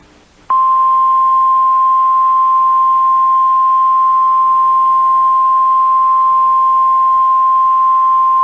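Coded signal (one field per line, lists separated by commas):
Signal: Emergency Alert System (SAME) tones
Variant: 1050 Hz attention tone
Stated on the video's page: Fictional EAS scenario of a nuclear missile alert, made on request, not a real alert.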